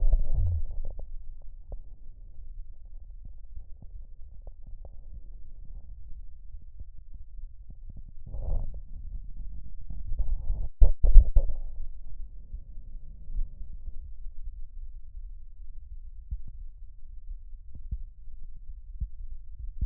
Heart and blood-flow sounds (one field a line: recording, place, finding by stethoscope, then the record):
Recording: heart sounds by stethoscope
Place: pulmonary valve (PV)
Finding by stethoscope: normal heart sounds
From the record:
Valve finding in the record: normal valve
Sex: male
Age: 85 years